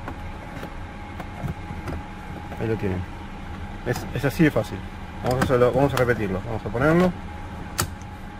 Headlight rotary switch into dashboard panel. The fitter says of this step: queda trabado.